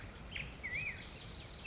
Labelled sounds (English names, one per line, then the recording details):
Black-headed Grosbeak
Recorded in Sonoma County, California